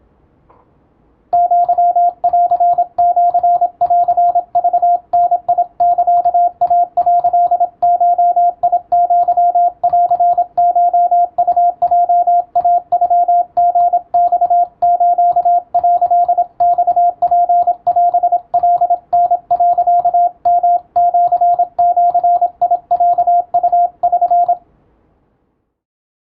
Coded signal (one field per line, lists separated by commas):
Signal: Morse code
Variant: Japanese Wabun code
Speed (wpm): 27 wpm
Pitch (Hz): 700 Hz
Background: radio noise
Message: アンシンクダサイ」ゴアンコウヲイノリマス」マツオカタ、ヨシジロウ<SN>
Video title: トンとツーで世界を結ぶ魅惑のモールスの世界！和文電信なら普通の日本語の会話ができます。自分の頭の中で変換するので脳トレに最適！(morse code practice radio operator )